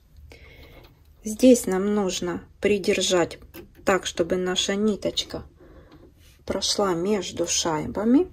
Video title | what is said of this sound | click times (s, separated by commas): Коверлок Minerva M5000CL..Как перестроить Распошивалку в Оверлок | будем заправлять точно так же до щелчка здесь | 0.3 s